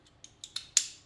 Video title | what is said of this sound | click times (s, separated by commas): Canik Mete SF Review - Live Range Test + Honest First Impressions - Gem City Preparedness | You'll hear it click into place. | 0.8 s